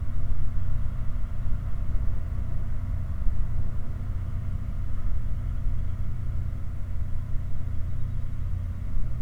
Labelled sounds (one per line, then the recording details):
truck
machinery
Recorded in the Prudhoe Bay oil fields, Alaska, on 16 August 2019 at 04:35
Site 29